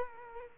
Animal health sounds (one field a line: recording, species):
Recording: mosquito wingbeat signal from an infrared sensor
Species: Culex quinquefasciatus